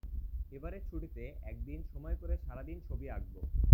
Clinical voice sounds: elicited speech; Bengali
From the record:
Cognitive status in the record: cognitively healthy

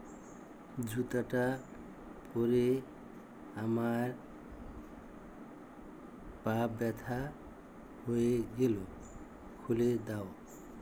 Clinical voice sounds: elicited speech; Bengali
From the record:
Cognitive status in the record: dementia

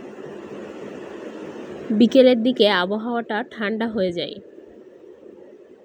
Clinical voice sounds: elicited speech; Bengali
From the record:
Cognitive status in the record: cognitively healthy

